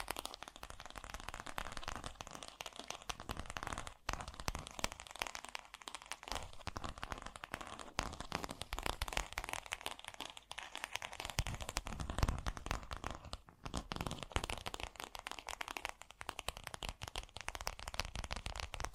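Fast, gentle tapping runs without pause through the whole stretch, a dense flurry of light, crisp clicks with a crackly, papery edge. The pace stays quick and even, with brief near-silent gaps around four and thirteen and a half seconds.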